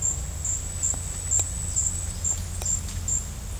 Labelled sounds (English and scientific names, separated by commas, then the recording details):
none
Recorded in secondary vegetation near Puerto Asís, Putumayo, Colombia, on 16 December 2024 at 16:00
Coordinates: 0.499, -76.323
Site G010